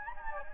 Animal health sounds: mosquito wingbeat signal from an infrared sensor; Anopheles gambiae

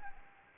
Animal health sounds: mosquito wingbeat signal from an infrared sensor; Anopheles arabiensis

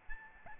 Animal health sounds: mosquito wingbeat signal from an infrared sensor; Aedes albopictus

